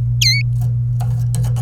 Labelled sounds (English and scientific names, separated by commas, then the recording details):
Domestic Canary (Serinus canaria) song
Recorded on 26 April 2018 at 15:33
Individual llb3